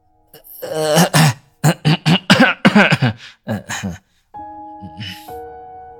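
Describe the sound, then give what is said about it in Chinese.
A voice acts out a man's long run of rough coughs, about a dozen harsh bursts in uneven clusters, then falls quiet as a steady, faint electronic tone hums in. “谢廖东顿时进了声了，咳嗽了半晌，才将接下来的话咽回去”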